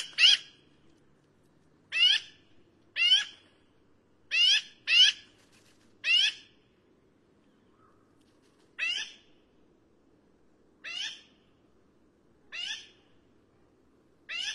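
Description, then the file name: Black-billed Magpie calling repeatedly, short grating nasal notes given singly or in quick pairs, spaced irregularly over about fifteen seconds, with little else heard. "canto do Pica hudsonia"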